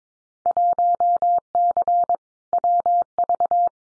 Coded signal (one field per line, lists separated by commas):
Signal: Morse code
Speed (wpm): 22 wpm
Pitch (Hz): 700 Hz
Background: none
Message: 1C WV